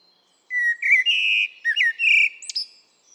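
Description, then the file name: Common blackbird giving a single drawn-out phrase of mellow, whistled notes, slightly wavering, ending in a short high squeak. "Turdus merula"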